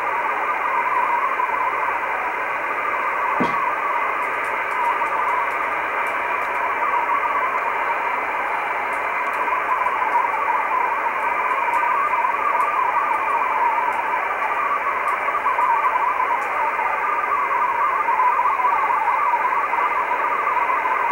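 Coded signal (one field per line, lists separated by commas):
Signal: multi-tone FSK (Olivia or MFSK type)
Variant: Olivia 8/500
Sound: steady warbling tones stepping in pitch near 1 kHz under constant radio hiss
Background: radio static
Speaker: So that's nice little decoding of an Olivia signal. Olivia being a digital mode.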